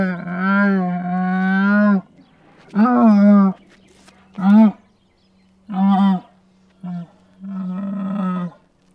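Camel calling, six loud groaning bellows, the first drawn out for about two seconds and the others shorter, separated by brief pauses with a faint steady hum between them.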